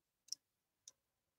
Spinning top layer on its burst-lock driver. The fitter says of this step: Two clicks, almost ready to burst.